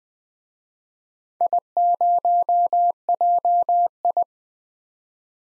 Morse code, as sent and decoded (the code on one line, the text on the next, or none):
.. ----- .--- ..
I0JI